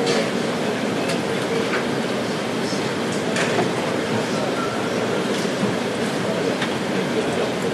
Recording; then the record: background sound without coughing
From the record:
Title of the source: Office Sounds Ambience - Background Noise for Study and Work